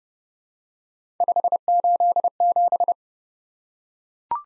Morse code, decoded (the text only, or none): 587